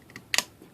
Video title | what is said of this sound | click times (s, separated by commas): R.I.D. 2015 Warrior Class Optimus Prime! "Tha'ts Just Prime!" Ep 62! | you just go ahead and pop this guy up and it's going to click in place | 0.3 s